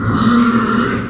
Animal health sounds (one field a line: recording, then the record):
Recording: squeal of a Yucatan mini pig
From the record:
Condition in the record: after surgery on the right vocal fold (resection and tissue-engineered implant)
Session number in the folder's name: 11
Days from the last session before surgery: 98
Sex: female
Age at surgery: 19 weeks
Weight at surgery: 25 kg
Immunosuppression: prednisolone